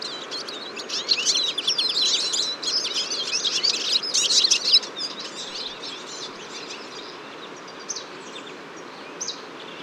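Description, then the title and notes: Eurasian siskins in a busy twittering chorus that builds to dense chatter, then fades to a few scattered high calls. Large flock at a feeder on a February morning, 23 February 2014, Fourcinet, Drôme, France; recorded with Nagra Seven and Telinga P7. "Choeur de fringilles. 23 février 2014-Fourcinet - Drôme. un grand nombre de Tarin des aulnes (Carduelis spinus)"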